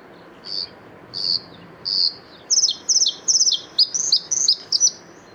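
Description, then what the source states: Bluethroat song: three slow, drawn-out high notes, then a rapid series of sharp, stuttering double notes and twangy slurs, steady faint background noise. 6 April 2014 at the Isar river mouth (Isarmündung), Deggendorf district.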